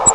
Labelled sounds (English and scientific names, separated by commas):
Grace's Warbler (Setophaga graciae) flight call